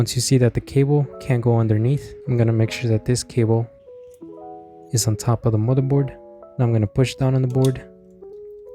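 Someone talks while handling a PS5 controller (BDM-20) main circuit board, keeping its cable on top of the board and starting to push the board down into the controller housing, with music playing underneath. Nothing has seated or clicked yet.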